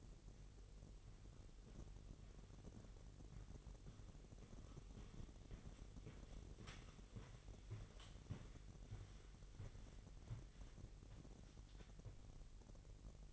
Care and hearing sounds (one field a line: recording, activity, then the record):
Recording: daily activity, microphone in the room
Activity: walk to room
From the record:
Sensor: 4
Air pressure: 1013.0 hPa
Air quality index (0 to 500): 240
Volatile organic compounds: 4 ppm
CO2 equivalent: 1598 ppm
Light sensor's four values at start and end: 34/82/34/33 and 33/79/32/32